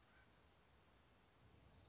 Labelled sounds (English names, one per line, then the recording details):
Dark-eyed Junco
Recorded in Sonoma County, California